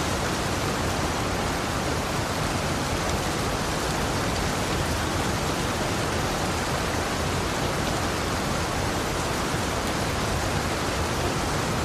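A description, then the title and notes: Rain falls in a steady, dense hiss that fills everything from low rumble to bright high sizzle. Individual drops never stand out; the wash stays even and unbroken at the same level throughout, with no other sounds above it. Rainy Bliss: Experiencing the Serene Rain.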